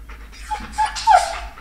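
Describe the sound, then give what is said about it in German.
A male dog called Großer Bär pants in quick, breathy huffs, broken by three short, high whimpers that rise in intensity, the last one the loudest and longest. No one speaks. “Ich muss ihn kurz ignorieren, damit er seinen Platz findet.”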